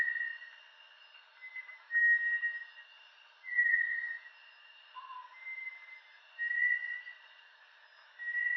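Bartlett's tinamou calling with soft, even whistles, several sustained notes at slightly varying pitch, over a faint continuous high tone.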